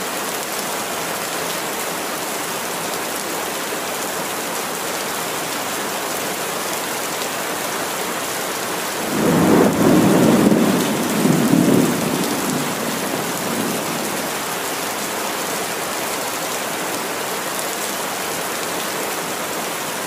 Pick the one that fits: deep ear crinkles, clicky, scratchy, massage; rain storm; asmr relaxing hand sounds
rain storm